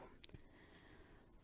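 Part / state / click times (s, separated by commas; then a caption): swappable plastic hand onto action figure wrist peg / not seated / none. A swappable open-palm plastic hand is pushed onto the wrist peg of a Bandai Namco Dragon Ball Dragon Stars Bardock plastic action figure. A few short, sharp ticks are heard at about 0.2, 0.3 and 0.3 seconds over a quiet background. The hand is a loose fit and has not snapped into place; nothing has seated or clicked yet.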